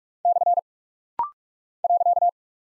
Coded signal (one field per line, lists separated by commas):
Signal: Morse code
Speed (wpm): 46 wpm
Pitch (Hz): 700 Hz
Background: none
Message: / .